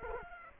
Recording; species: mosquito wingbeat signal from an infrared sensor; Culex quinquefasciatus